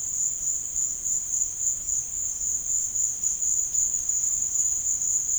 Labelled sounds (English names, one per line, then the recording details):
none
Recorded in dense forest near Puerto Asís, Putumayo, Colombia, on 22 June 2025 at 15:30
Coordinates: 0.481, -76.323
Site G072